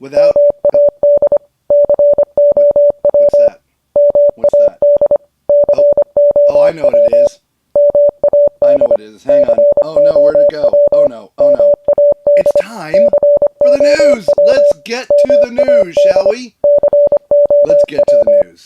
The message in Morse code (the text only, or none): MAD COW MAD COW MAD COW MAD COW MAD COW